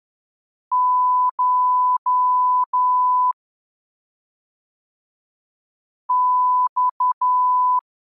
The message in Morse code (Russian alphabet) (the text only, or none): Ш Ь